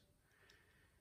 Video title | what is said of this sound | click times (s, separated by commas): SIG Cross User Guide and manual - how to adjust, maintain and operate | So twist it and then it will click into place. | 0.5 s